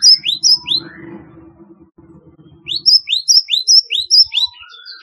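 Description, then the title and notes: Java sparrow song, quick rising chip notes in two runs, with a low buzzing rattle underneath between them. "Kicau Burung Gelatik"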